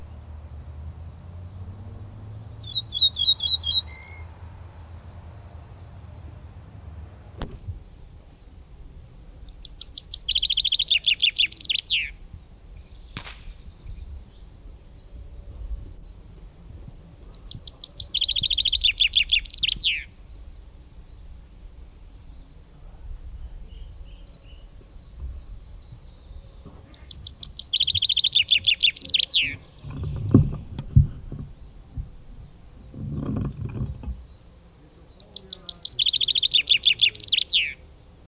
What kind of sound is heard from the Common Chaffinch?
song